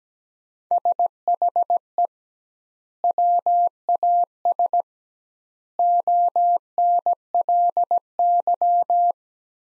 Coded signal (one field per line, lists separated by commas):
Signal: Morse code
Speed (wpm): 17 wpm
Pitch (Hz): 700 Hz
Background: none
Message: SHE WAS ONLY